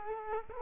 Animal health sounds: mosquito wingbeat signal from an infrared sensor; Culex quinquefasciatus

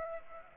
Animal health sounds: mosquito wingbeat signal from an infrared sensor; Aedes aegypti

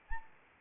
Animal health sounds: mosquito wingbeat signal from an infrared sensor; Anopheles arabiensis

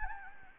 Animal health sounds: mosquito wingbeat signal from an infrared sensor; Anopheles gambiae

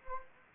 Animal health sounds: mosquito wingbeat signal from an infrared sensor; Anopheles gambiae

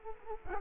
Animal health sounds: mosquito wingbeat signal from an infrared sensor; Culex quinquefasciatus

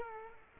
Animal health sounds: mosquito wingbeat signal from an infrared sensor; Culex quinquefasciatus

